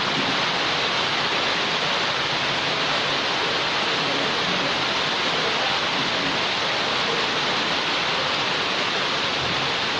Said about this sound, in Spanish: llueve muy fuerte aquí en tierra